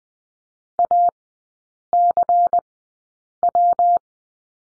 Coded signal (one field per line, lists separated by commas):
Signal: Morse code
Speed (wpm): 20 wpm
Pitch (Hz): 700 Hz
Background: none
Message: ACW